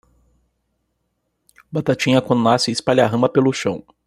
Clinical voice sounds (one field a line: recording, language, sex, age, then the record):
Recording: short text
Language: Brazilian Portuguese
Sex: male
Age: 20 to 29 years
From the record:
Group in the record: control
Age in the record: 23 years